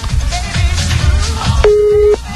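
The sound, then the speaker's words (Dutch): A steady electronic telephone line tone from a telephone that seems to be faulty sounds for about half a second near the end, sharp-edged and loud, following a stretch of busy background noise and low rumble. “Zing, er is precies iets mis met die telefoon aan hier, hè?”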